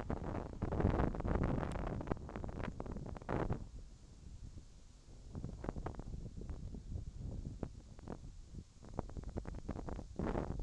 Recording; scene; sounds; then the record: everyday scene through a hearing-aid microphone; wind on the microphone; wind, whistling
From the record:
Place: in front of a rural house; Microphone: in the ear canal, left